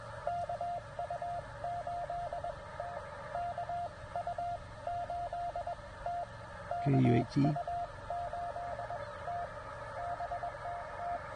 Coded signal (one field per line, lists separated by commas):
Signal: Morse code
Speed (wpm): 16 wpm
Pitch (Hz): 690 Hz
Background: speech, radio noise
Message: KU8T KU8T KU8T BTT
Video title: CW POTA at Land Between the Lakes in KY 04Nov2023